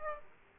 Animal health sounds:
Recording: mosquito wingbeat signal from an infrared sensor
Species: Aedes aegypti

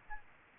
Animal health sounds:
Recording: mosquito wingbeat signal from an infrared sensor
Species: Aedes albopictus

